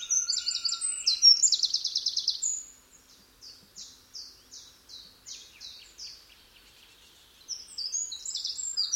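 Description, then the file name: Eurasian wren song: a rapid high trill, then a slower string of separate sharp notes, then another burst of fast trilling. "Troglodytes troglodytes"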